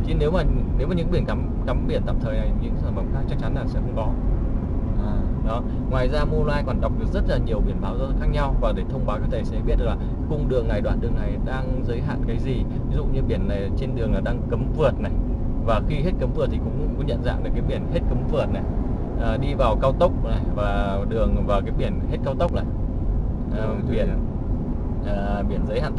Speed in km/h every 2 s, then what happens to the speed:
35, 36, 38, 39, 39, 38, 37, 37, 36, 36, 36, 37, 37.
0-26 steady at about 37.